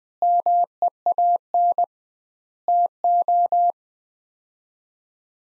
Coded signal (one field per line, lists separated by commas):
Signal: Morse code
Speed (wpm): 20 wpm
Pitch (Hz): 700 Hz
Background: none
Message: MEAN TO